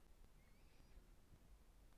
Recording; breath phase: one breath near a microphone; inhalation